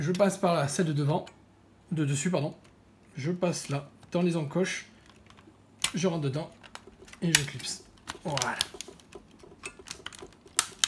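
A tool is worked into the notches of a Kinect V2 motion sensor's plastic housing to free the cover clips while someone talks, with small faint ticks along the way. Two sharp, loud clicks ring out at 10.6 s and 10.8 s as the plastic clips snap open and the housing is released.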